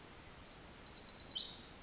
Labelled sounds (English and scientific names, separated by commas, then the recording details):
Pacific Wren (Troglodytes pacificus)
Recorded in Sonoma County, California